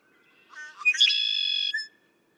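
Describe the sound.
Red-winged blackbird song: a few short introductory notes, then a buzzy trilled 'konk-la-ree' lasting under a second, held steady before cutting off.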